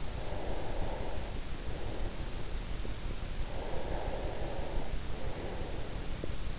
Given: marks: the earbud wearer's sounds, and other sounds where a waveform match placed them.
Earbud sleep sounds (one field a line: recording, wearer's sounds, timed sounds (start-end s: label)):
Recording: sounds in sleep by an in-ear microphone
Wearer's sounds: breath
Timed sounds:
0.00-2.62 s: breath
3.29-6.35 s: breath